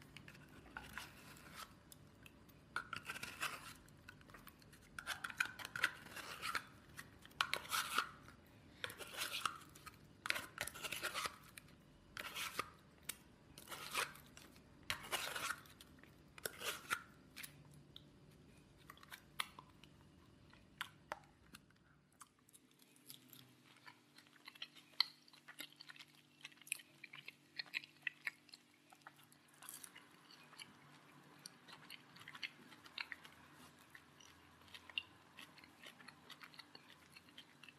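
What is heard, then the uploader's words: A person eating, with crisp, irregular crunches and clicks coming every second or so through the first twenty seconds. After about 22 seconds the low rumble drops away and the sounds turn thinner and quieter, scattered soft clicks and rustles continuing to the end. A PERSON EATING.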